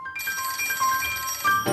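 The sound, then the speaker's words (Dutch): An outgoing phone call's ringing tone, a call to Sandra Palmen, Tweede Kamerlid for NSC, plays on its own, a steady bright electronic tone with shimmering overtones that holds for over a second, fairly loud, with no voices. “Even bellen met...”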